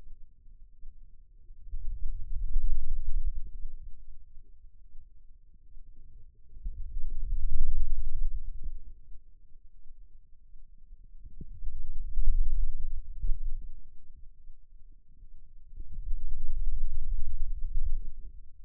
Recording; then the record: forearm muscle sounds (acoustic myography)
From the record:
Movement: pen grasping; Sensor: system 2, bracelet of six BSWA MPA416 microphones around the upper forearm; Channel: 1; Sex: male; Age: 22 years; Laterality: right